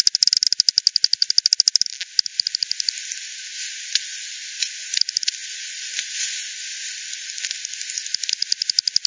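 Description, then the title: Bats clicking in rapid, even pulse trains for the first two seconds, then sparser scattered ticks over a steady hiss. Multiple bats at Hogsmill River, Hogsmill Lane, 7 Oct 2020, 18:10 Z; frequency-division (FD10) recording, bandpass filtered 1500 to 7500, resampled 48 to 16 ksps. "WW bat 20201007 T 18 : 10 Z-Hogsmill-Lane-Hogsmill-River-multiple-bats-FD 10"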